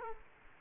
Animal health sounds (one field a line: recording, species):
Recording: mosquito wingbeat signal from an infrared sensor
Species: Culex quinquefasciatus